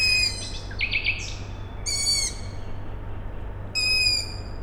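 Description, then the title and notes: Owl chicks giving three short, rasping harmonic calls, with a quick buzzy trill from another bird over a constant low background hum. Owl chicks calling at night, Tuesday 21 May 2019, Siemianowice Śląskie, Poland; nightingale also present; industrial plant audible in background; recorded with Zoom H5 and Audio-Technica BP4025. "Maciejkowicka , 41-103 Siemianowice Śląskie, Polska - Owl chicks and a nightingale. Wtorek, 21 maja 2019. Noc. Nawoływanie piskląt sowy. Słowik. Kombinat w tle. Nagrania terenowe Siemianowic Śląskich - Dźwiękowy Portret Miasta"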